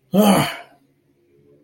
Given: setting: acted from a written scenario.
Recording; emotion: vocal sound without words; anger